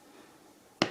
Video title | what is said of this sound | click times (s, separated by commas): The East India Company 2019 Chinese Trade Dollar Dragon | kind of magnetic lock into place. | 0.8 s